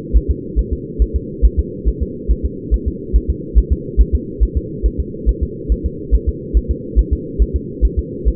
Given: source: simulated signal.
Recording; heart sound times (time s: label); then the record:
fetal heart sounds
0.16 s: S1
0.31 s: S2
0.59 s: S1
0.73 s: S2
1.02 s: S1
1.16 s: S2
1.45 s: S1
1.59 s: S2
1.88 s: S1
2.02 s: S2
2.31 s: S1
2.45 s: S2
2.74 s: S1
2.88 s: S2
3.16 s: S1
3.30 s: S2
3.58 s: S1
3.72 s: S2
4.01 s: S1
4.15 s: S2
4.43 s: S1
4.57 s: S2
4.86 s: S1
5.00 s: S2
5.29 s: S1
5.43 s: S2
5.72 s: S1
5.86 s: S2
6.15 s: S1
6.29 s: S2
6.57 s: S1
6.71 s: S2
6.99 s: S1
7.13 s: S2
7.42 s: S1
7.56 s: S2
7.85 s: S1
7.99 s: S2
8.28 s: S1
From the record:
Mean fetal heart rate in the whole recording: 140 bpm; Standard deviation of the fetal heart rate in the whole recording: 2 bpm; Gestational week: 34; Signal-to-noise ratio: -4.1 dB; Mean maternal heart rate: no maternal heart sound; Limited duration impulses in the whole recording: absent